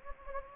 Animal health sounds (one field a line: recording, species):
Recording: mosquito wingbeat signal from an infrared sensor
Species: Anopheles gambiae